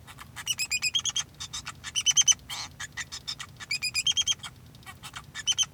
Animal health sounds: song of a male Bengalese finch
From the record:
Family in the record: son of father 2

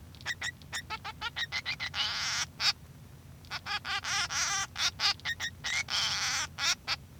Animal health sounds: song of a male Bengalese finch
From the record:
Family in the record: son of father 3

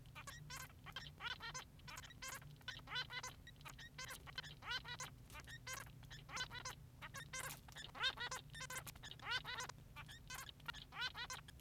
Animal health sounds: song of a male Bengalese finch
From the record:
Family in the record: son of father 3

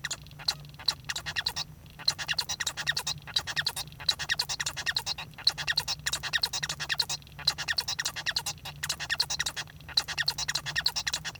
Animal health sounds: song of a male Bengalese finch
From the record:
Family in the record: son of father 1

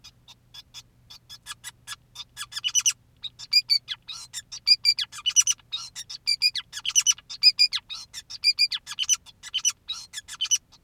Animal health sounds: song of a male Bengalese finch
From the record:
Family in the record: son of father 2, and himself father 5

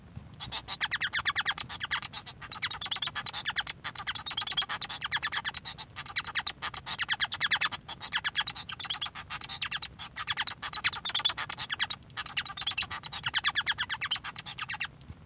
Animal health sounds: song of a male Bengalese finch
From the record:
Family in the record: son of father 1

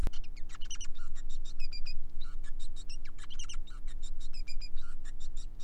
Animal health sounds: song of a male Bengalese finch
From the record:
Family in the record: son of father 5

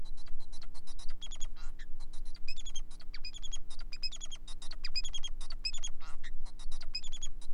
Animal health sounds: song of a male Bengalese finch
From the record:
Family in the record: son of father 4

